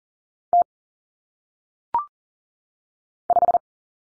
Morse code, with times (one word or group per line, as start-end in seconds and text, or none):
0.5-0.6 T
3.3-3.6 5